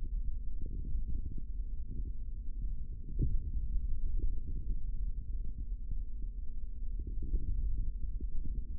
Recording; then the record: forearm muscle sounds (acoustic myography)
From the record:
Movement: finger pinch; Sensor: system 3, bracelet of six PUI Audio POM-2738L microphones around the upper forearm, with dedicated amplification and filtering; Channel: 2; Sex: male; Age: 25 years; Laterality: right